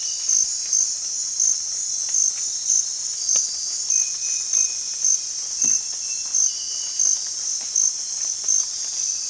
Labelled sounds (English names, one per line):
none